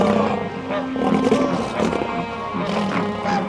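Tigers roar in deep, rumbling growls that swell and fade over a few seconds, loud and rough-textured, with other animal noises mixed in.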